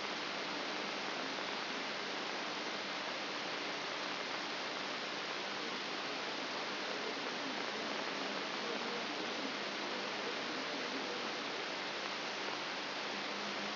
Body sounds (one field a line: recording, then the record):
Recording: brain microelectrode recording played as sound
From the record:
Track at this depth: outside the subthalamic nucleus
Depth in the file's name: 5.501 mm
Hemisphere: left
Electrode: 3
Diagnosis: Parkinson's disease